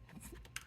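An Allen wrench pushed into the release hole presses down the retaining latch of a Tesla Model Y seat belt retractor in its seat/pillar mount. A few faint scratchy taps lead to a sharp click at 0.6 s, and a softer tap follows. The latch clicks down and releases the retractor so it can be taken off.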